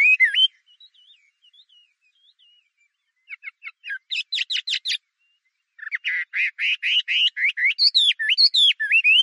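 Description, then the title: Chinese hwamei singing a loud slurred whistle, quiet warbling, then bursts of rapid sharp notes and a long run of varied, looping whistles. "画眉鸟的叫声"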